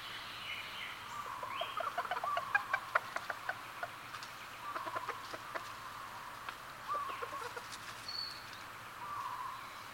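Red junglefowl giving short clucking notes in loose bursts over a steady background hiss.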